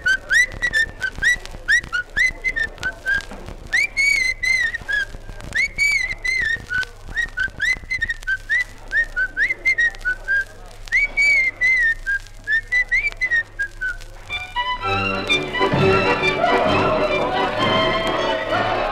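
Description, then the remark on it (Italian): A man whistles a lilting, repeating tune in clear high notes, his personal signature whistle used to announce himself, phrase after phrase, for about fourteen seconds before a dense, noisy wash of sound takes over. “Si annunziava con una fischiatina particolare, la sua sigla.”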